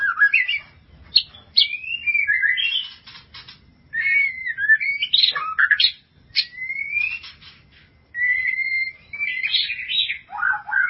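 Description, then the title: White-rumped shama singing in separate bursts of clear whistles, slurred rising notes and scratchy chatter, broken by short silent gaps. "Kicau Murai Batu"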